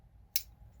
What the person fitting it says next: Snap that in and you're good to go.